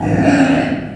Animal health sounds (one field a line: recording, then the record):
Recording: squeal of a Yucatan mini pig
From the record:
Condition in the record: after surgery on the right vocal fold (resection and tissue-engineered implant)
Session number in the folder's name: 3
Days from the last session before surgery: 21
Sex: female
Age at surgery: 19 weeks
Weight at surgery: 25 kg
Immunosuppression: prednisolone